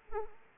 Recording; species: mosquito wingbeat signal from an infrared sensor; Anopheles arabiensis